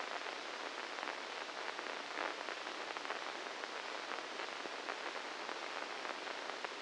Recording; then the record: brain microelectrode recording played as sound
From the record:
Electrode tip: inside the subthalamic nucleus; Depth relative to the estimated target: -2 mm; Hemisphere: left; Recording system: NeuroSet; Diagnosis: Parkinson's disease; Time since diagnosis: 9 years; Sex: male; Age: 61 years